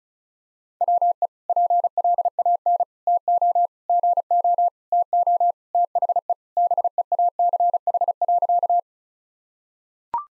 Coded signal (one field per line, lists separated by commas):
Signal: Morse code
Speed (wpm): 34 wpm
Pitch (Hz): 700 Hz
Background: none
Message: WE PLAN TO GO TO THE BEACH.